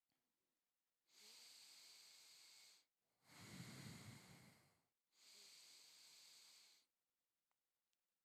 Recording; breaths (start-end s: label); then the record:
nose breathing near a microphone
0.88-2.98 s: inhalation
2.98-5.03 s: exhalation
5.03-6.88 s: inhalation
From the record:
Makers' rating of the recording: medium